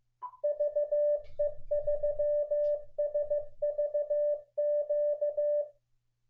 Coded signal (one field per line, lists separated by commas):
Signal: Morse code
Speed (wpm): 15 wpm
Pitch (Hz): 590 Hz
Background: none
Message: VE3SVQ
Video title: NEW MORSE CODE OP HOW DO YOU GET FASTER